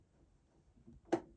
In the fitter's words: You can hear the click.